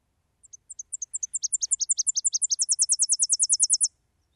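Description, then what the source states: Tennessee Warbler song: very high, thin chips in a quickening series, shifting into a faster, louder run of rapid, even notes that stops abruptly. Played-back recording of a Tennessee warbler song, described as lovely and a sweet little sound.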